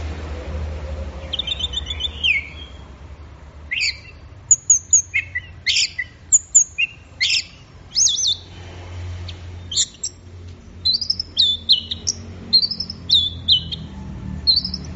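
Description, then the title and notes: Orange-headed thrush delivering a long string of sharp high notes and sweeping whistles, with short gaps between them, over a faint low hum. Bird in full, energetic song (gacor). "Anis Merah Gacor Teler. Kumpulan Suara Burung Anis"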